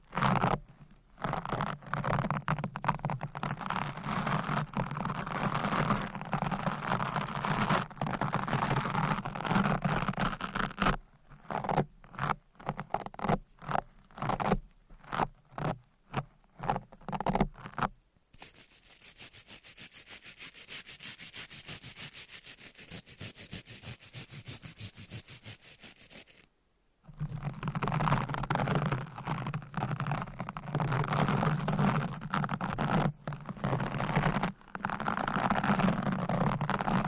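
Dense, rough scratching runs steadily for the first ten seconds, then breaks into choppy bursts with short silences. A softer, thinner rubbing follows until a brief pause near 26 seconds, after which the full, gritty scratching returns and continues to the end.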